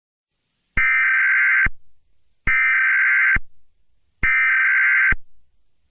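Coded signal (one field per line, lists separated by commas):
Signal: Emergency Alert System (SAME) tones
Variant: header bursts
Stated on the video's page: Fictional EAS scenario tones, not a real alert.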